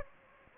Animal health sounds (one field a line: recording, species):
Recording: mosquito wingbeat signal from an infrared sensor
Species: Anopheles gambiae